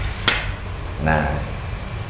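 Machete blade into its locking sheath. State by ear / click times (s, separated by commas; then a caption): seated / 0.3 s. A machete (golok) is pushed home into its sheath with a locking catch. A sharp, hard knock sounds at 0.3 s as the blade locks into the sheath, and then someone talks.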